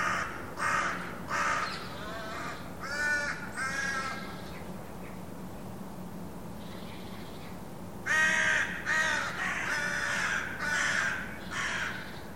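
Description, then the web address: Bird giving harsh, cawing calls in a quick run of several, a pause, then another run, over a steady low hum. "Deverinetal 2025 File origin Bird Only"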